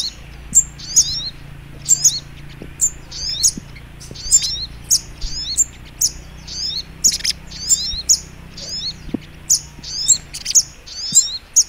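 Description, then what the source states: Little Spiderhunter song: sharp, high squeaks followed by tumbling slurred notes, repeated in a steady series over a low hum. Training recording (masteran).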